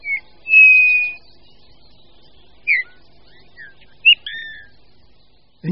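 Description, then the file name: Eurasian bullfinch calls: one long, level, soft piped whistle, then several short clipped notes and a brief whistle, on a quiet background. "Hýl-obecný"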